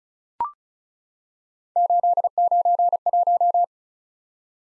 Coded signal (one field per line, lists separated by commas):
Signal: Morse code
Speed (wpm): 36 wpm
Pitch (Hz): 700 Hz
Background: none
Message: 891